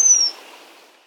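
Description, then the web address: Chestnut-bellied chat-tyrant uttering a single high thin whistle that falls slightly and fades quickly into soft hiss. South America. "Natures Songs S America Chestnut-Bellied Chat-Tyrant"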